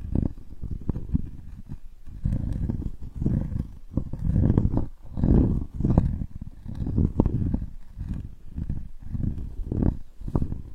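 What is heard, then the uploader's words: Sandalwood tapping comes as a steady run of low, thudding knocks with a rough, rumbling tail, repeating roughly once per second throughout. Healing sandalwood tapping experience SPA.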